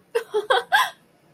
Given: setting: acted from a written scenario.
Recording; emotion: vocal sound without words; positive surprise